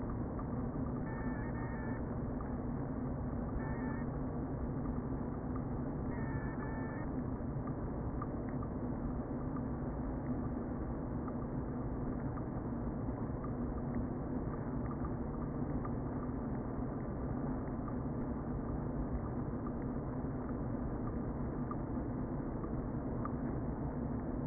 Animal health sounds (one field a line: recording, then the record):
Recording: honeybee colony, microphone inside the hive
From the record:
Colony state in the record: queen present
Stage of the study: before two queens were removed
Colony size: about 60,000 bees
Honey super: yes